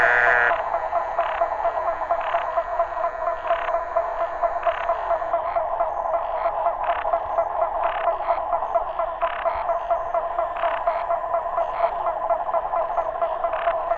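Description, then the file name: Muller's termite frog chorus, dense overlapping nasal calls with a steady pulsing drone, and louder buzzy notes standing out from it at frequent, irregular intervals. "Dermatonotus muelleri"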